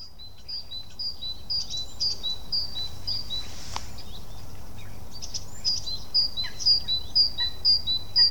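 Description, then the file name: Great tit song of bright paired notes, a higher note dropping to a lower one, repeated steadily about twice a second, pausing midway then resuming, over a steady low hum. "Parus major"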